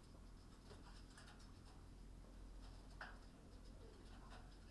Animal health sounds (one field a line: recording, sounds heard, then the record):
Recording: poultry house recording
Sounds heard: healthy chickens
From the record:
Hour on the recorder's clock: 19